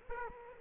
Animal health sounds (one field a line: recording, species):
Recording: mosquito wingbeat signal from an infrared sensor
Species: Aedes aegypti